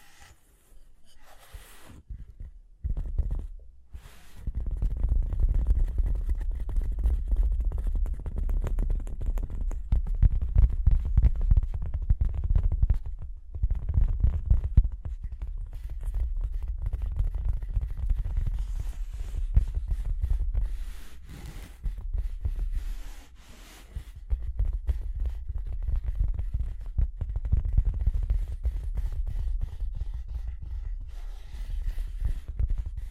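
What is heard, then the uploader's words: Tapping and scratching, muffled and heavy in the low end, with dense rubbing and knocking that runs almost continuously after a quiet first few seconds. Sharp taps punctuate the scraping at irregular moments, with brief dips in level around 13 and 24 seconds. Tapping and Scratching (No Talking).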